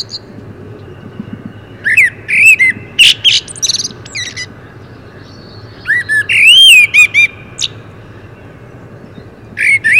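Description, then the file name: Common blackbird song: fluted whistled phrases, each ending in squeaky high twitters, separated by pauses of a couple of seconds. "Turdus merula"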